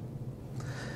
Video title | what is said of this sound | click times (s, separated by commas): DISKUS Inhaler Tutorial | we'll just slide that back and you will hear a little click | 0.6 s